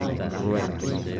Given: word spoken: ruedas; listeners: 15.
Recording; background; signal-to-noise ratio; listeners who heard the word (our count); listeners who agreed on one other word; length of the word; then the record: one Spanish word in noise, from a listening test; eight-talker babble; -1.4 dB; 3 of 15; 8 of 15; 0.81 s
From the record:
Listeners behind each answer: 8, 3, 2, 1, 1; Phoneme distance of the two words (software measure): 37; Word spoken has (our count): 2 syllables, 6 phonemes, stress on syllable 1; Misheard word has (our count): 2 syllables, 7 phonemes, stress on syllable 1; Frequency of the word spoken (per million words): 19.46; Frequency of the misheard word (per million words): 2.87